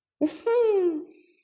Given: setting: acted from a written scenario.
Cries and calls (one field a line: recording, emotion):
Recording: vocal sound without words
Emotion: triumph